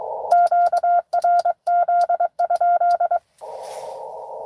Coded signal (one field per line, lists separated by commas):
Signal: Morse code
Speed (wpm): 23 wpm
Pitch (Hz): 700 Hz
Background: none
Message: QRZ?